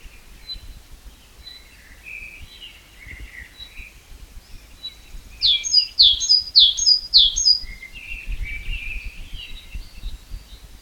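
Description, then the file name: Great tit song: quiet scattered notes, then a single loud run of five or six crisp repeated two-note phrases midway, followed by softer twittering. "Parus major"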